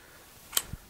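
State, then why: Seated. Two aluminum bimini frame tube sections are pushed together until the spring push-button catch snaps into place, with a sharp, bright click at 0.6 s and a softer low thump just after. The tubes are seated and locked together.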